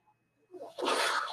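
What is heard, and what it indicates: A faint low rumble gives way to a rising, loud airy hiss lasting about half a second, like a rush of pushed air. This is the breath-delivery noise of a home mechanical ventilator running in the background.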